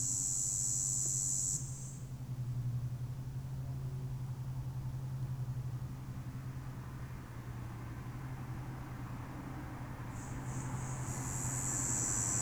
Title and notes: 5160 Rte d'Aix, 73310 Chindrieux, France - cigales dans les platanes. Dans la côte de Groisin quelques cigales se manifestent dans les platanes, au milieu de la circulation routière